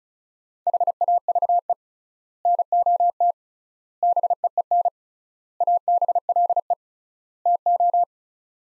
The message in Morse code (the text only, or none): HAVE NOT BEEN ABLE TO